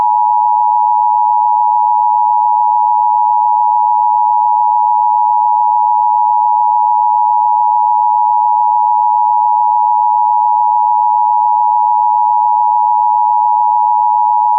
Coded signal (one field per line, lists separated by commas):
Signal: Emergency Alert System (SAME) tones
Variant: 853 and 960 Hz attention tone